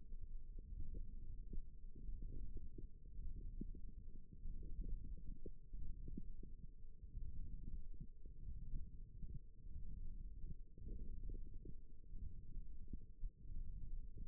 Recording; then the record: forearm muscle sounds (acoustic myography)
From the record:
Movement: thumb flexion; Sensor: system 1, eight BSWA MPA416 microphones around the upper forearm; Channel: 2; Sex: female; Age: 22 years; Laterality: right